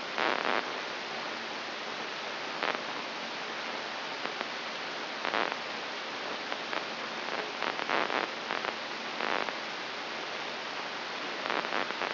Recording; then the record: brain microelectrode recording played as sound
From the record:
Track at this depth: inside the subthalamic nucleus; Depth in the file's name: 4.14 mm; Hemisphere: right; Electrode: 3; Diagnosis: Parkinson's disease